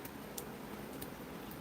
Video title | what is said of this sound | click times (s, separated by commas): Midwest Panther Chameleons is live! | I felt that snap. | 0.4 s